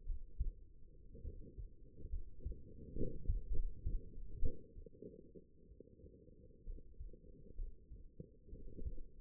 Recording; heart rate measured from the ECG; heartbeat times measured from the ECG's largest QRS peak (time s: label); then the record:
heart sounds by stethoscope; 64 bpm
0.05 s: heartbeat
1.21 s: heartbeat
2.09 s: heartbeat
2.92 s: heartbeat
3.51 s: heartbeat
4.73 s: heartbeat
5.66 s: heartbeat
6.63 s: heartbeat
7.55 s: heartbeat
8.49 s: heartbeat
From the record:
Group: healthy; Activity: rest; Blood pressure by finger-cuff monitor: 110/74 mmHg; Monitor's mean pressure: 84 mmHg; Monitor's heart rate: 66 bpm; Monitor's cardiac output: 5 L/min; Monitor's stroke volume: 77 mL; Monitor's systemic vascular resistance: 1170 dyn s/cm5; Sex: female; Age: 22 years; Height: 171 cm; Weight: 65.6 kg